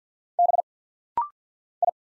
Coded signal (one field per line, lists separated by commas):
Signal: Morse code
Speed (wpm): 48 wpm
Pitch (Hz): 700 Hz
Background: none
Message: B I